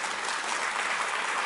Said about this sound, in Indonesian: Boleh tepuk tangan sampai sini.